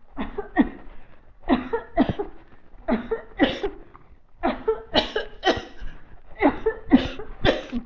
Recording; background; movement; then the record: voluntary coughing; quiet; walking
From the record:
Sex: female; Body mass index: 21.8 kg/m2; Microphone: on the chest, facing the body